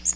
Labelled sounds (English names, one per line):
Magnolia Warbler flight call